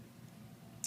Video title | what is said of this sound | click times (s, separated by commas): The Big Clock Store - Clock Mechanism Tutorial | Those notches will fit right in, and you're going to want to hear it click, so it can't really move | 0.8 s